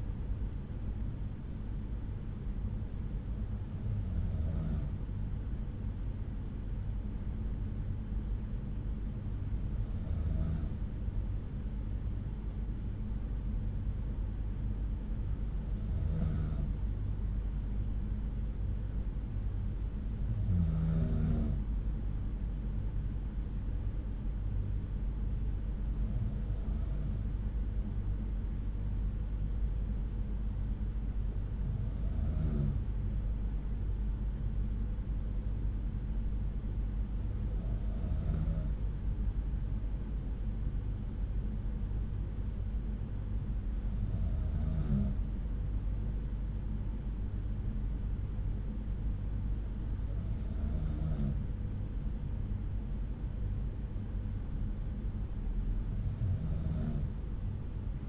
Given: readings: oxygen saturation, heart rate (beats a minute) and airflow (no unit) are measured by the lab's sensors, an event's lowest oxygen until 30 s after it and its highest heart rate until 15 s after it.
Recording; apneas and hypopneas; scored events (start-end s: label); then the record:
breathing in sleep by a smartphone at the bedside; none
52.00-58.09 s: new sleep stage, N3 (deep sleep)
From the record:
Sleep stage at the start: N2 (light sleep); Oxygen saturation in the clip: 92 to 93%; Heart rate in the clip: 61 to 64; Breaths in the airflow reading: 10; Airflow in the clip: -5.7 to 3.4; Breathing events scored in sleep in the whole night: 368 in 8.0 hours asleep